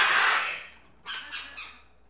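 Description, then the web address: Tropical birds: one long, loud, rasping squawk, then a brief pause and a few softer, chattering squawks fading away. Various tropical birds in a pet shop. "birds various tropical birds in a pet shop animal ambience"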